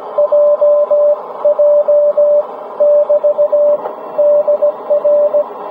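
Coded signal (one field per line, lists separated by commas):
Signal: Morse code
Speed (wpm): 18 wpm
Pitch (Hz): 590 Hz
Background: radio noise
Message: JJ <BT> DR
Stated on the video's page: Ragchew CW QSO ending under heavy QRM from military radar.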